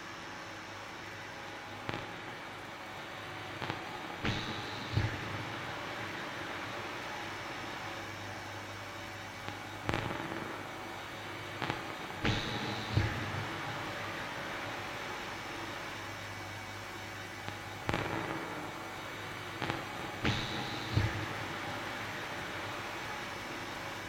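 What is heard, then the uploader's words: Electronic noise hums steadily through the whole piece, a dense hissing bed with a low drone underneath. Sharp cracks and clicks punch through in loose repeating clusters, near 2, 5, 10, 12, 18 and 21 seconds, some trailing into brief bright whistling tones. Mixed recordings of an "Soma Ether" device, arranged as song.Only Ether-Sounds, plus FX. The "melodies" are mostly power adapters.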